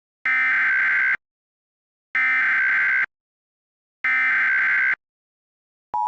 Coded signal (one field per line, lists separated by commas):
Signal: Emergency Alert System (SAME) tones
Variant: header bursts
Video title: EAS Scenario - Windows Vista